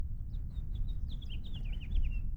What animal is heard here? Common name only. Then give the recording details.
House Finch. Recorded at Oceanside on Long Island, New York, on 17 June 1975. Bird C